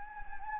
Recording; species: mosquito wingbeat signal from an infrared sensor; Anopheles gambiae